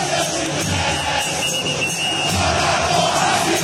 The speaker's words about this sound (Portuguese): 17 minutos do segundo tempo, a torcida do Leão grita, a torcida do Leão faz festa em Belém, no Pará, em todo o Brasil.